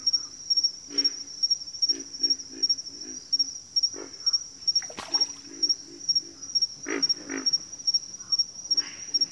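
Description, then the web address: Pig frog grunting calls: low, hoarse grunts in short bursts and pairs, irregular across the stretch, over a steady high insect trill. "Nature Sounds Sounds of Nature Collection 06 Pig Frogs"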